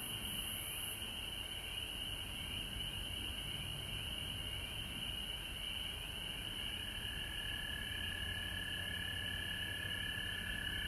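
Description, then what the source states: Many frogs trilling together in an endless high drone, a brief sharper hiss in the opening second and a low hum appearing toward the end. Recorded at home in Georgia on March 19, 2020.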